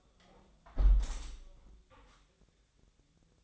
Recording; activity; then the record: daily activity, microphone in the room; close window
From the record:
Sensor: 3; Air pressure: 1014.9 hPa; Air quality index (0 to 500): 28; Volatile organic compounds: 1 ppm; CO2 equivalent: 522 ppm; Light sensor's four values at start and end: 10/23/9/9 and 10/23/9/9